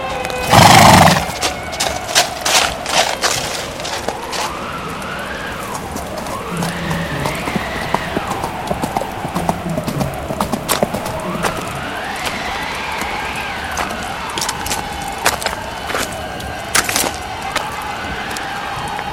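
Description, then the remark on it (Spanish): Horses arriving and about to be tied up neigh and whinny in long, wavering high-pitched calls that rise and fall, while hooves clip-clop in an irregular rhythm beneath them, after a sharp loud burst at the very start. “Estamos llegando. Amarraré los caballos.”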